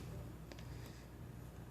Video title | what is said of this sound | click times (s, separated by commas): How to Open Samsung Galaxy Note 4 | kind of patient so you fill it snap into place and | 0.5 s